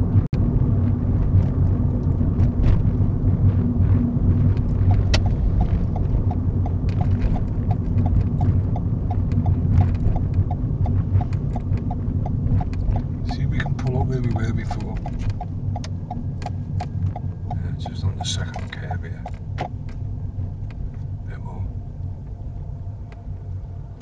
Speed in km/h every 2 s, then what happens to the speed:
37, 35, 32, 31, 27, 24, 19, 16, 15, 10, 8, 6.
0-24 slows to 6.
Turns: none.